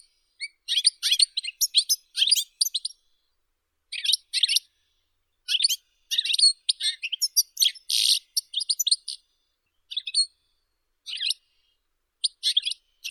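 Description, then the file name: European goldfinch song in short bursts of rapid, jangling twitters and a few nasal buzzes, broken by brief silences every second or so. "Golosa ptic - CSHegol Carduelis carduelis"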